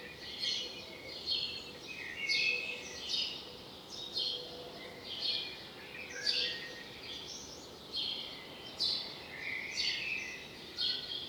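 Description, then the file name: Common blackbird giving a series of sharp, harsh notes roughly every second, over constant background hiss. "Turdus merula"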